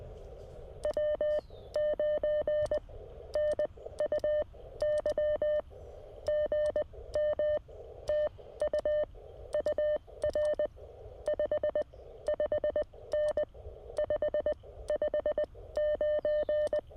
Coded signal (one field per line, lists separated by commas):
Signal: Morse code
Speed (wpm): 20 wpm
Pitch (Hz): 600 Hz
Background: none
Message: W9NUY GM TU UR 55N 559